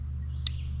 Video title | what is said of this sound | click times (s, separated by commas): THE ROCKTOL 29 IN 1 MULTI TOOL - WOULD YOU BE SATISFIED 🤔 | Nice click there. | 0.5 s